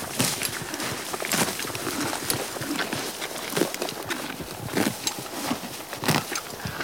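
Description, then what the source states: Horse munching grass, with distinct loud tearing bites at intervals amid softer chewing crunches. Horse eating grass.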